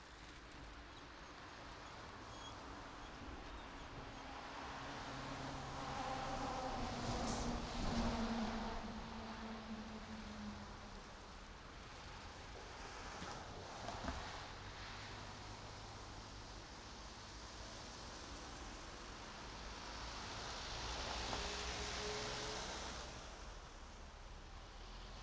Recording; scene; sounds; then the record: everyday scene through a hearing-aid microphone; in traffic; traffic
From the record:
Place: main road on the outskirts, rush hour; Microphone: in the ear canal, right